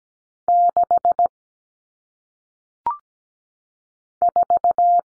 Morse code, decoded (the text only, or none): 6 4